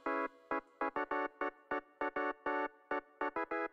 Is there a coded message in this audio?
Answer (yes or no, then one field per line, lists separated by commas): no